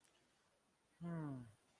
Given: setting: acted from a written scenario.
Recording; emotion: vocal sound without words; sadness